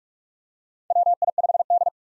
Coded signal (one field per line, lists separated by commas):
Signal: Morse code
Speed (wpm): 47 wpm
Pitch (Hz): 700 Hz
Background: none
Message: WI5D